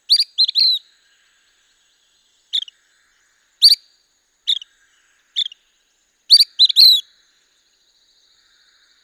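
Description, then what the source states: La Sagra's flycatcher calling with crisp, high notes, often in quick pairs or triplets, separated by short silent gaps. Recorded 17 May 2016.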